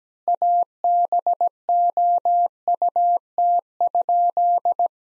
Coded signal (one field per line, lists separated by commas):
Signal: Morse code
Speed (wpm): 17 wpm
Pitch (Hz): 700 Hz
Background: none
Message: ABOUT?